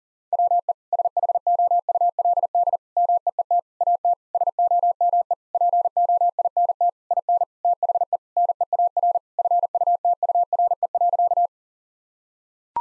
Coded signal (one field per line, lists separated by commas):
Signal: Morse code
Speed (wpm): 40 wpm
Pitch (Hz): 700 Hz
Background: none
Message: WE SHOULD MEET AT SOME POINT IN THE NEAR FUTURE.